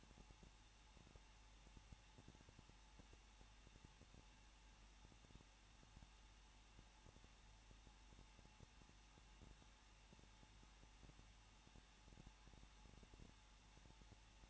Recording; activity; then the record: daily activity, microphone in the room; no activity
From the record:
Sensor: 1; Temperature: 20.1 degrees Celsius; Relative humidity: 39.1%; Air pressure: 1006.3 hPa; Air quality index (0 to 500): 217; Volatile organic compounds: 76 ppm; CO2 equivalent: 3574 ppm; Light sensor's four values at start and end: 1/2/1/1 and 1/2/1/1